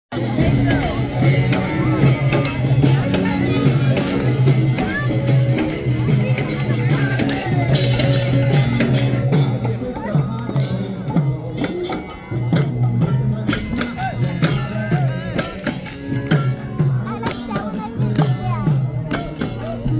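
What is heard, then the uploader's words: Hare Krishna dancers at the Santa Parade chant together, a dense wall of voices over a steady, pulsing low beat. Bright jingling cymbals ring through almost continuously, and the sound stays loud and busy for the whole stretch, with only a brief dip near twelve seconds. Hare Krishna dancers at the Santa Parade.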